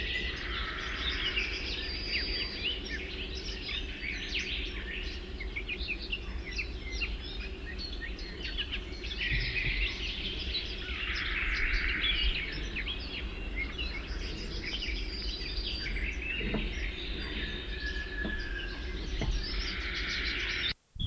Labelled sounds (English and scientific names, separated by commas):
Willow Warbler (Phylloscopus trochilus) song